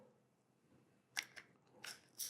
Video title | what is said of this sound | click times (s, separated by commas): Using a Handheld Microphone | so make sure it connects fully should hear a click sound okay | 1.2 s